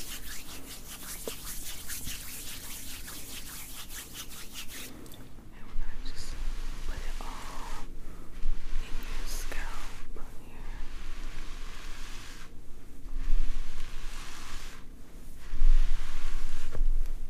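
Scalp scratching and brushing with steady, dense rubbing and scraping strokes. The first five seconds carry rapid, regular scratching, then the strokes turn softer and more spaced, with brief pauses near 8, 12 and 15 seconds and a low rumble underneath throughout.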